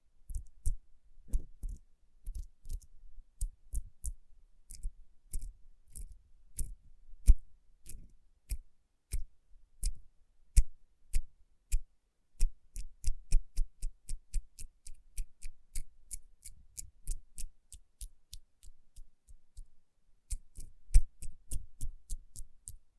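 Fingertips tap on rhinestone-covered palms, making crisp, bright clicks with a low thump under each. The taps come in quick, uneven bursts, growing denser and more regular from about 12 to 19 seconds, then pausing briefly before resuming near the end.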